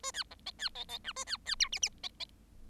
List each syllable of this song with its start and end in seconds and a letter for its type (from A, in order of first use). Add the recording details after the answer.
0.03-0.11 A, 0.13-0.23 B, 0.30-0.35 C, 0.46-0.51 D, 0.58-0.69 B, 0.75-0.84 D, 0.88-0.98 D, 1.04-1.12 E, 1.16-1.24 A, 1.26-1.37 B, 1.46-1.55 B, 1.59-1.69 F, 1.72-1.79 G, 1.82-1.89 G, 2.03-2.08 D, 2.20-2.25 D. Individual Bird7